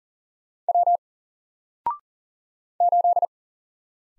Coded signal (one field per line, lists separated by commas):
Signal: Morse code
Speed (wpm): 40 wpm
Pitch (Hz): 700 Hz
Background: none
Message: W 8